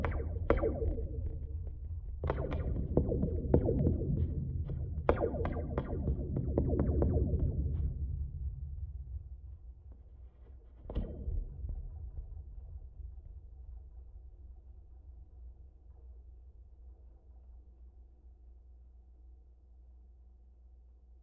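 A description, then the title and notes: Guy-wires are struck and strummed in sharp twangy hits for about eight seconds, one more strike near eleven seconds, then a long ringing hum fades. After the wind and rain stopped, we took to hitting and strumming the guy-wires to activate them.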